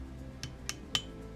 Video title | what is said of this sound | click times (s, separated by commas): Flashing Dashboard Ignition Switch Replacement How to - 2006 Jeep Grand Cherokee WK | connector and then squeeze the red tab so that it's locked and then you're gonna finagle | 0.7 s, 1.0 s